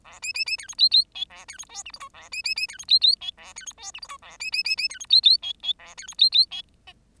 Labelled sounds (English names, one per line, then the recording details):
Bengalese Finch song
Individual Bird10